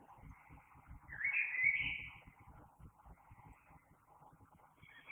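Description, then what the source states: Common blackbird song: one louder fluty phrase early on, with fainter notes around it, over low background noise. Recorded 3 March 2020.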